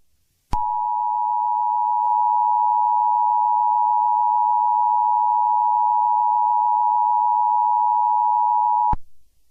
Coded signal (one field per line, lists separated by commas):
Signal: Emergency Alert System (SAME) tones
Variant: 853 and 960 Hz attention tone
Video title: EAS Scenario - Super Why!